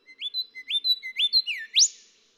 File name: Golden Whistler